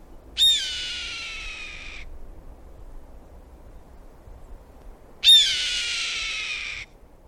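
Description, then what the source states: Red-tailed hawk scream: two long, hoarse, harsh cries that slide downward, each lasting about a second and a half and about five seconds apart. Heard from high overhead; visits open fields, roadsides and highway medians; resident all year, most often seen in winter when northern breeders join residents.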